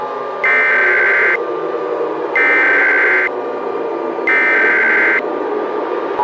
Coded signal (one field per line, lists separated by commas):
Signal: Emergency Alert System (SAME) tones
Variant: header bursts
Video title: EAS MOCK | Unexpected Explosions.